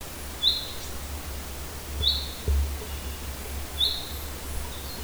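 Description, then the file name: Common chaffinch giving three brief bright call notes roughly one and a half seconds apart, with a low background rumble and a soft thump. "Fringilla coelebs"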